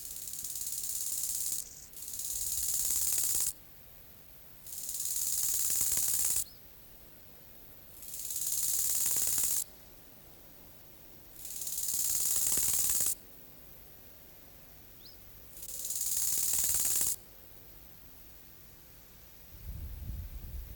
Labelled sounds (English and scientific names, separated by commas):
Bow-winged Grasshopper (Chorthippus biguttulus) stridulation